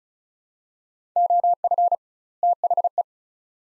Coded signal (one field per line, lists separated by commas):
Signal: Morse code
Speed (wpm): 36 wpm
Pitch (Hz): 700 Hz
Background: none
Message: OF THE